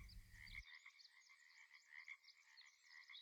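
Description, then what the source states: Pacific treefrog chorus, dense rhythmic croaks blending into a continuous pulsing trill, with faint high chirps throughout. Nature recording used as background music.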